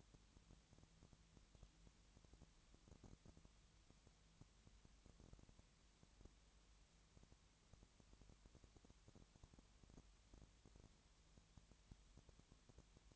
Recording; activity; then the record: daily activity, microphone in the room; no activity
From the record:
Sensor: 3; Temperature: 20.6 degrees Celsius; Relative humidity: 34.7%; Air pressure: 1007.2 hPa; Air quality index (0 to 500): 137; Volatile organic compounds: 3 ppm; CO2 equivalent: 1527 ppm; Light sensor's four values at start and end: 2/3/2/2 and 2/3/2/2